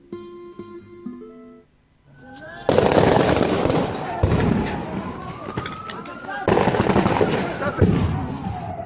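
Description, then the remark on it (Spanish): After a brief tonal intro, a volley of sharp gunshots from soldiers firing live ammunition in Bolivia bursts out, loud cracks repeating amid a dense, chaotic roar of crowd noise and shouting that swells in waves. “Miren, los soldados están usando bala.”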